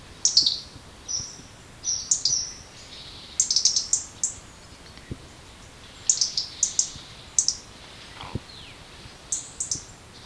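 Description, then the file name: European robin producing bursts of high, dry ticking calls at irregular intervals throughout, with quiet gaps between groups. "Erithacus rubecula"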